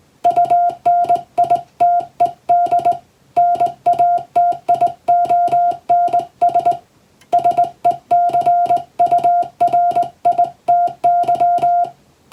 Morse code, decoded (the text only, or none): UNITED NATIONS SECURITY